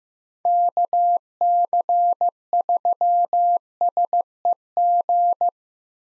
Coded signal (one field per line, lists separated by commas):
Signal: Morse code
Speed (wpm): 15 wpm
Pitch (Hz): 700 Hz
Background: none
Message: KC3SEG